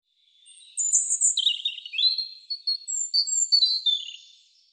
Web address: cianscape birddata Deverinetal 2025 Bird Er Ru